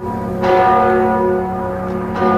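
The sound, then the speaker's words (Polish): Deep church bells of Gdańsk toll with a rich, sustained metallic hum, fresh strikes landing about every couple of seconds over the lingering resonance, loud and with no voices, as the urn with the ashes of Gdańsk mayor Paweł Adamowicz is laid to rest in St. Mary's Basilica. “Po mszy i ostatnim pożegnaniu przy dźwięku gdańskich dzwonów urna z prochami prezydenta Gdańska spoczęła w Bazylice Mariackiej obok sali rajców w kaplicy świętego Marcina.”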